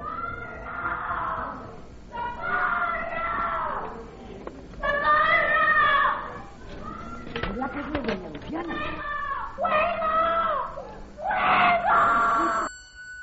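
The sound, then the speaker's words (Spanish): A woman, played by the young actress Carmen Maura, screams and shouts in a string of loud, high-pitched cries while clinging to prison bars, about five strained bursts separated by brief pauses, with a low murmur of other sounds beneath, in a dramatization of the Calle de Fuencarral crime. “Agarrándose a los barrotes de la Casa Auténtica y gritando algo.”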